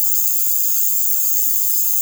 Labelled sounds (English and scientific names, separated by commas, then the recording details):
none
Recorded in secondary vegetation near Puerto Asís, Putumayo, Colombia, on 12 March 2025 at 20:30
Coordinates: 0.489, -76.322
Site G042